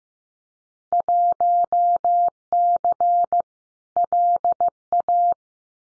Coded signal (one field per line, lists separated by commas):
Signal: Morse code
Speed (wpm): 15 wpm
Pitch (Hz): 700 Hz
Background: none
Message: 1C LA